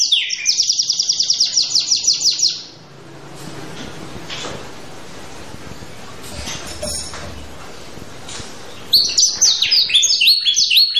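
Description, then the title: Canary song: rapid repeated high trills for over two seconds, then a stretch of faint background noise, and fast high warbled phrases returning near the end. Canary in vigorous, persistent song with long rolls, presented as prompting other canaries to answer at once. "LANGSUNG NYAUT GACOR DOR Kenari Manasaja, Dengan Kicau Kenari GACOR NGOTOT ROLL PANJANG"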